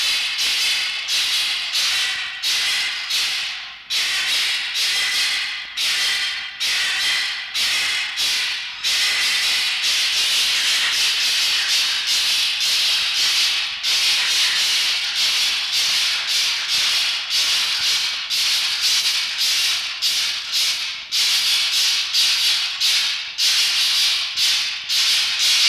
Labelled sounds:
Red Fox
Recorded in captivity
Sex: diverse
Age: diverse
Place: Zoologisches Institut der HUB, Berlin, DE
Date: 1952-11-21 18:25
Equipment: Elmetra
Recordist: Tembrock, Günter
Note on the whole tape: Mucki (in Ecke 20 hochgestellt): Pfau-Schrei II; Toni (in 7a): helles Keckern

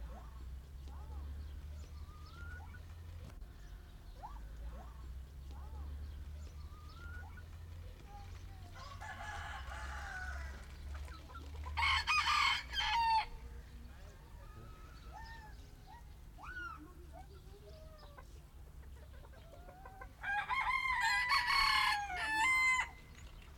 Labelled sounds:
Red Junglefowl
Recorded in captivity
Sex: male
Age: adult
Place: Zoo Berlin, Berlin, DE
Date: 1995-02-04 12:50
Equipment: Marantz CP 430, Sennheiser ME 80, Kopie Uher Variocord 263
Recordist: Tembrock, Günter

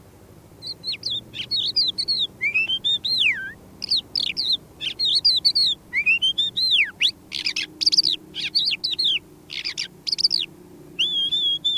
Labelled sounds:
Crested Lark song
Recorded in the wild
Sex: male
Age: adult
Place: Erlangen, OT Schallershof, Bayern, DE
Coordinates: 49.5792, 10.9736
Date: 1962-05-10
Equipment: Überspiel, Vollspur, CCIR-Norm mit Tiefenbedämpfung
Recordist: Tretzel, Erwin

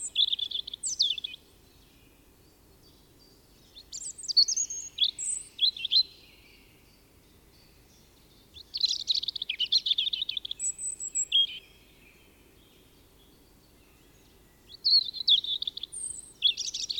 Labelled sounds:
European Robin song
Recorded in the wild
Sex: male
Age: adult
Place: Kaiserslautern, Rheinland-Pfalz, DE
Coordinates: 49.4372, 7.80972
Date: 1978-03-28
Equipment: Nagra IV, Sennheiser MKH 405, Parabolreflektor
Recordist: Tretzel, Erwin
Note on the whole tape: Alte Buche: Gesang eines Rotkehlchen. Ort und Datum angegeben

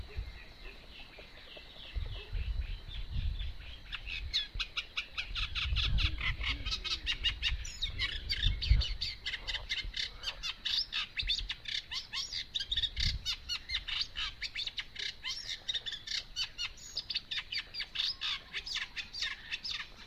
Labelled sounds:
Eurasian Reed Warbler song
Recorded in the wild
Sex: male
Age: adult
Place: Warsow, Kummerower See, Mecklenburg-Vorpommern, DE
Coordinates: 53.8364, 12.8372
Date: 2012-05-24 05:51
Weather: 8°C, sunny, weak winds from NE
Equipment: Sound Devices 702, Sennheiser MKH 70, Rycote Windschutz
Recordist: Frommolt, Karl-Heinz

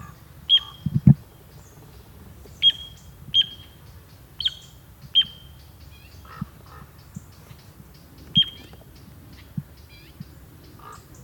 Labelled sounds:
Little Ringed Plover call
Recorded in the wild
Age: adult
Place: Flemmingen, Thuringia, DE
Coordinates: 50.9385, 12.6332
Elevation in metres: 250
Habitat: gravel pit
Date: 2024-07-27 15:21
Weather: 20-25°C, cloudy
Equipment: Sound Devices MixPre6, Sennheiser MKH8060
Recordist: Frommolt, Karl-Heinz

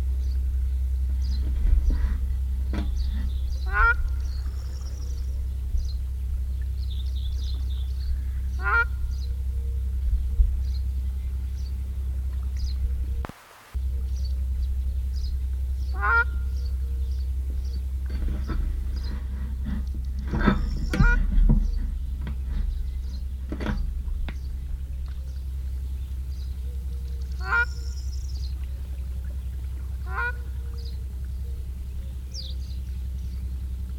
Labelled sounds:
Ruddy Shelduck
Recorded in the wild
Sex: male
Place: Varna, BG
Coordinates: 43.427, 28.162
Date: 1974-06-06
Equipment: Nagra III BH, Sennheiser MD 21, parabola
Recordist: Schubert, Michael

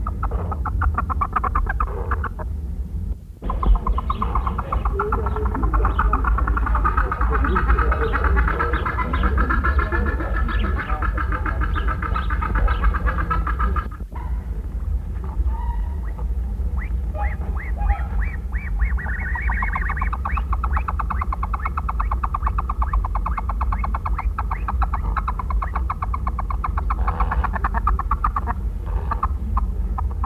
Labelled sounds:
Andean Goose call
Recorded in captivity
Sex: diverse
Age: adult
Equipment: Halbspur, 9,5 cm/s
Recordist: Lütgens, Hans

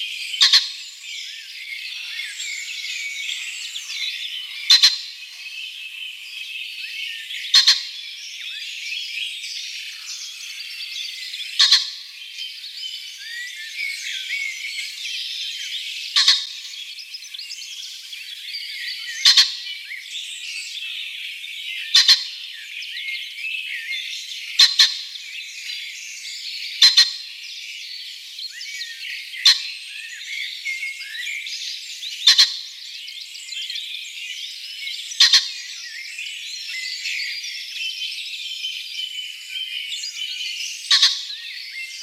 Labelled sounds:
Common Pheasant song
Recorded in the wild
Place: Oberrotweil am Kaiserstuhl, Baden-Württemberg, DE
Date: 1983-04-04
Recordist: Schwarz, Dieter
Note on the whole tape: Song

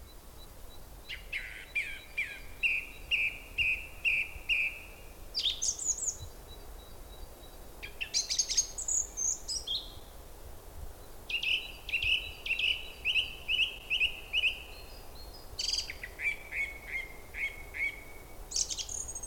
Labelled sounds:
Song Thrush
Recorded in the wild
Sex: male
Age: adult
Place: Köllnische Heide, Berlin, DE
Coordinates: 52.46, 13.51
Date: 1989-04-27 17:45
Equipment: Uher 4400 Report Monitor, Sennheiser ME 80, K 30 AV
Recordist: Fischer, Stefan

